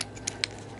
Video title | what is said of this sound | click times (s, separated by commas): 2nd Cheetor Toy Review | well it's still not all the way in okay | 0.4 s